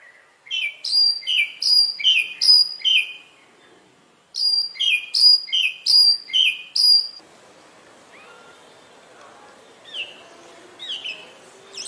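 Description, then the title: Oriental magpie-robin singing a repeated whistled motif of falling and rising notes, two similar phrases in a row, then a few softer scattered notes. "Magpie Robin Song Doyel Pakhir Dak Wildindiamit"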